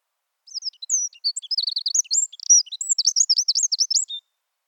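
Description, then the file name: Eurasian wren song: a rapid, high-pitched outpouring of sharp, varied notes, ending in a fast run of repeated chips. The background is silent. "Troglodytes troglodytes"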